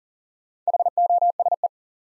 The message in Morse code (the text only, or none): HOSE